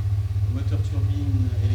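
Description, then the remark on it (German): A submarine's electric motors run on their own, giving a steady, deep droning hum with faint higher tones gliding gently above it, unbroken and even in loudness throughout. “Bleiben nur noch die elektrischen Motoren.”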